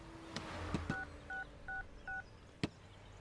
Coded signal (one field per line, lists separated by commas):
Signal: DTMF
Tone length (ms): 150 ms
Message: 6666